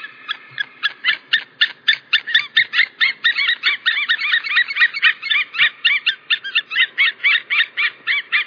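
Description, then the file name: White-tailed eagle yelping continuously in a fast, dense series of sharp notes. "Havørn"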